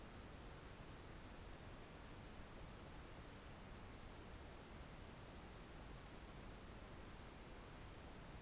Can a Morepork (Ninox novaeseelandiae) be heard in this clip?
no